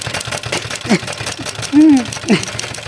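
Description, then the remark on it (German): A typewriter clatters away on its own with a rapid, steady stream of sharp key clicks, broken by a few short voiced cries or groans rising over the mechanical tapping. “Sie hat ihre zerbrochene Tastatur wiederhergestellt und tippt nun selbsttätig ihren neuesten Text direkt auf ihr Gesicht.”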